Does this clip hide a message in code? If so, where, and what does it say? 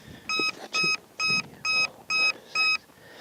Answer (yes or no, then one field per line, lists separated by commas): no